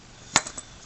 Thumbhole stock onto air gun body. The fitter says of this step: just you know pops into place